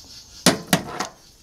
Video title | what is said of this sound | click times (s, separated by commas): Full Installation of Mini Split Ductless Unit, Step by Step! | you just heard it click now | 0.5 s